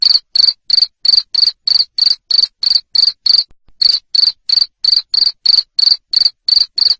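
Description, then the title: Cricket chirping loudly in short pulsed bursts about three per second, steady and high-pitched, with one brief pause midway; nothing else heard. Loud cricket chirping used to make lovebirds keep singing (ngekek). "Suara JANGKRIK NGERIK Keras Bikin LOVEBIRD Jadi NGEKEK Terus Vubey"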